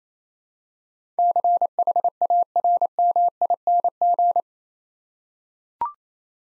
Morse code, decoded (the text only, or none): CHARMING